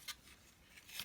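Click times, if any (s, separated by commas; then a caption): none. A plastic part of a transforming toy is pushed into the toy jet body during the change to jet mode, meant to pop into place. Only brief, soft, hissy plastic rubbing and scraping sounds are heard, strongest near 0.1 s and 1.0 s. Nothing has clicked or seated yet, and the panel has not popped fully into place.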